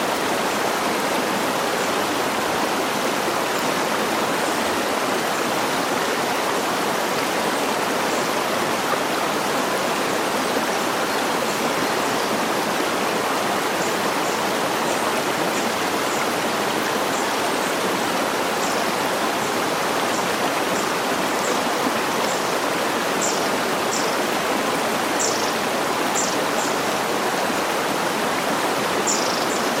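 Gently splashing water and a distant waterfall make a steady, dense rush that holds evenly from start to finish. Thin, high bird calls flick through faintly above it, scattered at first and more frequent after about fifteen seconds.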